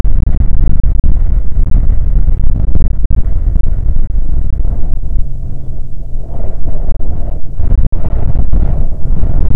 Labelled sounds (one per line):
wind